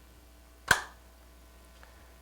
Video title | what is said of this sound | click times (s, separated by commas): Origin TMM Episode 1 Installation | assemble your base push it into here to click and then | 0.7 s